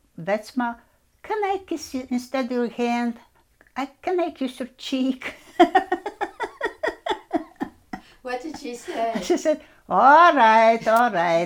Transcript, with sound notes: Vatsma, can I kiss instead of hand, can I kiss your cheek? (Laughs)
What did she say?
She said, all right, all right.